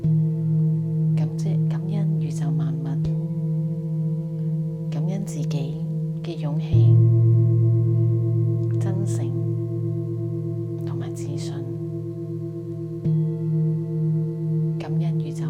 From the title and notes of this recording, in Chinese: 心輪頌缽音。20分鐘廣東話 頌缽冥想療癒。